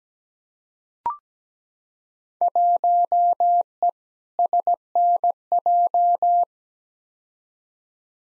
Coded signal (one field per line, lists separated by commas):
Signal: Morse code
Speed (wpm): 17 wpm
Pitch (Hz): 700 Hz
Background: none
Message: 1E SNJ